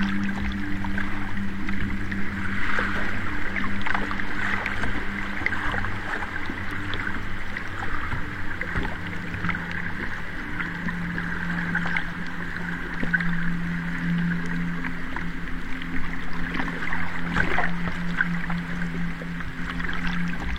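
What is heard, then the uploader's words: A river runs in a steady, dense wash of water sound that stays even for the whole stretch. A low, constant hum, like a boat motor, sits beneath it, and faint knocks and splashes turn up now and then. The Best Way to Relax on River Sound.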